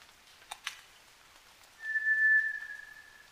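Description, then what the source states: White's thrush song: a single thin, steady whistle held for about one and a half seconds, preceded by a couple of sharp clicks. At night, 29 June 2009, 23:14.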